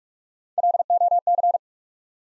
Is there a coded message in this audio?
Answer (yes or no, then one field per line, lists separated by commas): yes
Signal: Morse code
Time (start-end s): 0.6-1.6 s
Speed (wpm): 44 wpm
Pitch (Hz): 700 Hz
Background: none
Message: LOC